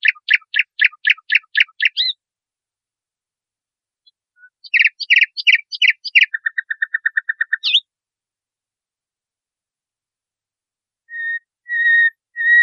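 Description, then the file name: Nightingale song: a rapid repeated chirping phrase, a pause, then mixed chirps leading into a fast low trill, and later drawn-out whistled notes. Training recording (masteran) used to teach caged songbirds. "suara masteran nightingale"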